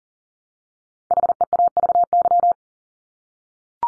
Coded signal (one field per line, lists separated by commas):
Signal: Morse code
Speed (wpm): 37 wpm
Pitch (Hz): 700 Hz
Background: none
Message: HEAVY